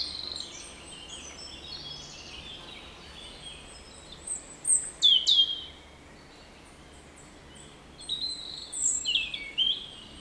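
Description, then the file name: European robin singing thin, shrill phrases with sharp downward slides, one burst midway and another near the end, low hum in background. "Erithacus rubecula"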